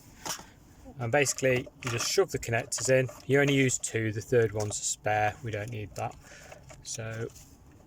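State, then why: Not seated. A plastic wiring harness adapter connector is being handled at the radio wiring loom plug of a 2005 to 2015 Toyota Yaris during a double din radio fit, while someone talks throughout the clip. Nothing has seated or clicked yet; the connector is not yet home.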